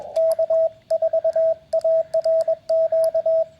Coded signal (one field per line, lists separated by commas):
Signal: Morse code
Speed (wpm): 21 wpm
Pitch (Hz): 650 Hz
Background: radio noise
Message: K4ARQ